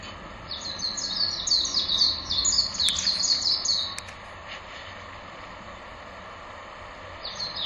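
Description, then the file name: Japanese white-eye singing a quick burst of high, jumbled chirping notes for roughly three seconds, with two sharp clicks, then quiet before a brief new start. "メジロ 高倉"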